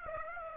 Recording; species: mosquito wingbeat signal from an infrared sensor; Aedes aegypti